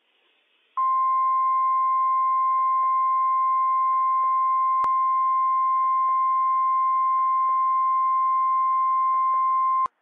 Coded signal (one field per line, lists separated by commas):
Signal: Emergency Alert System (SAME) tones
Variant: 1050 Hz attention tone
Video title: NWS PDT Required Weekly Test - WWF56 - EAS #119 - 10:25 AM PDT 6/23/21